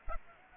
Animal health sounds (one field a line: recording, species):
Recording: mosquito wingbeat signal from an infrared sensor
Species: Aedes aegypti